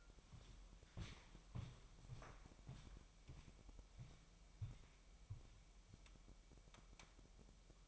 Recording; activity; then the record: daily activity, microphone in the room; walk to room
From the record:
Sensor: 1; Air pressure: 1002.0 hPa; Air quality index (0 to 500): 247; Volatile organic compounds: 51 ppm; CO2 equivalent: 3312 ppm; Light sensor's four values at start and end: 6/14/6/6 and 6/15/6/7